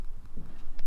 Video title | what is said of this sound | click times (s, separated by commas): 4Runner LED Fog Lights | now it's clicked in place. | 0.8 s